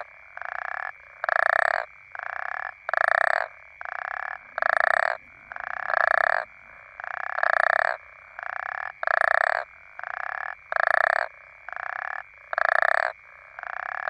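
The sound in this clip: African common toad: rapid alternating snores from African common toads, many pulsed bursts, strong and weaker callers trading calls continuously over a faint tone.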